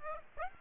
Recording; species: mosquito wingbeat signal from an infrared sensor; Aedes aegypti